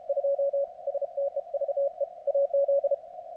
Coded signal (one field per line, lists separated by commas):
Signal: Morse code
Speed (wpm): 33 wpm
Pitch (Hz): 560 Hz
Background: radio noise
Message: 2 STEVE AZ